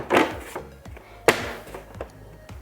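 A plastic side faceplate, an official Sony part, is slid up onto the second side of a PS5 console and snaps into place with one sharp click at 1.3 s; official plates are easy to pop on. A few softer taps and knocks come before and after it, and the faceplate is seated.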